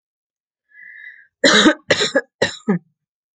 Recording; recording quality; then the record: heavy voluntary cough; excellent, no background noise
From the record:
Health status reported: exposed to COVID-19, no respiratory illness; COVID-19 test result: negative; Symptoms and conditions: fatigue, muscle pain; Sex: female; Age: 29 years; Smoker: not ticked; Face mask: not worn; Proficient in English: yes